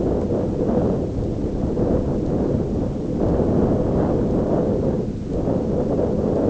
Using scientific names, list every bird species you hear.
none